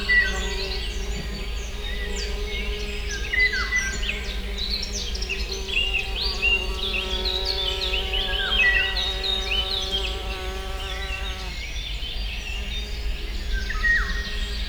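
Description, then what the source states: Wasp buzzing, a continuous even drone that stops around eleven seconds in, while birds chirp and trill in quick bursts throughout. Wasps recorded in nature at a water house in 2015 with a cardioid microphone.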